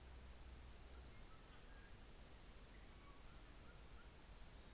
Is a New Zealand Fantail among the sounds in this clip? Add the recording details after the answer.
no. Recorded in New Zealand on 24 December 2018. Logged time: 14:50